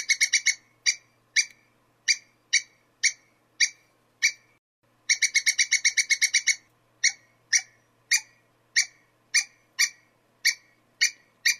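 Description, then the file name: Squirrel calling in harsh chips, with quick runs of fast notes alternating with slower, evenly spaced chips, a steady low hum underneath. "suara bajing. omkicau"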